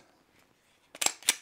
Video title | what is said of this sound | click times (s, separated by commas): M*CARBO Short Stroke Flat Trigger for Sig P365 X Macro: Take 2 | make sure that trigger sets down pull it all the way back hit your lock and it should pop into place | 1.1 s, 1.3 s